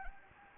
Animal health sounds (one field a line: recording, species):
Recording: mosquito wingbeat signal from an infrared sensor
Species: Anopheles gambiae